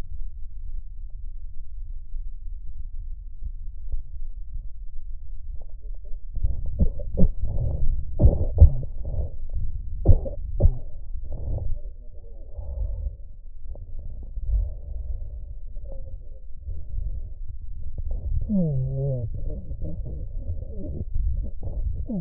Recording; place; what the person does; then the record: lung sounds by stethoscope; left posterior basal chest; quiet breathing, then cough and speech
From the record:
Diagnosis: interstitial lung disease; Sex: male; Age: 82 years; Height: 158 cm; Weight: 49 kg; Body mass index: 19.6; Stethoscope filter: extended mode